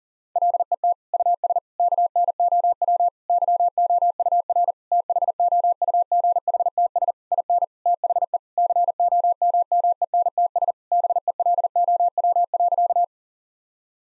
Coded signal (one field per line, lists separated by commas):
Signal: Morse code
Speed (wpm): 40 wpm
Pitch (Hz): 700 Hz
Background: none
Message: LET US KNOW YOUR THOUGHTS IN THE COMMENTS BELOW.